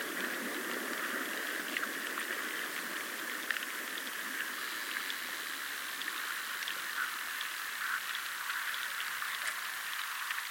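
Water of the River Allen, a chalk river, rushes in a steady, dense hiss, bright and unchanging, with faint clicks and splashes scattered throughout.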